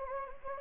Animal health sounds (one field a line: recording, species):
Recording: mosquito wingbeat signal from an infrared sensor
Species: Anopheles gambiae